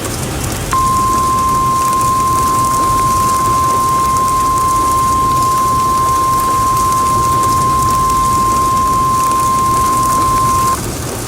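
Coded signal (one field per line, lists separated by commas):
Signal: Emergency Alert System (SAME) tones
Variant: 1050 Hz attention tone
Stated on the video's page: Recreation of a fictional EAS scenario.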